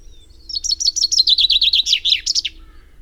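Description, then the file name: Common chaffinch song: a rapid series of bright trilled notes sliding gradually downward, ending in a quick emphatic flourish, lasting about two seconds. "Fringilla coelebs"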